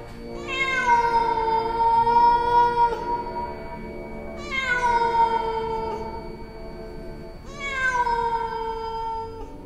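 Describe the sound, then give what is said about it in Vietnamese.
Three long, drawn-out cat-like meows in the dark night, each rising then sliding down in a wailing, nasal tone, separated by short pauses. The cries are loud and sound alone, with no talking. “Trong đêm tối, cái tiếng kêu của nó vang lên như là tiếng mèo kêu vậy.”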